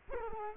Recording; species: mosquito wingbeat signal from an infrared sensor; Culex quinquefasciatus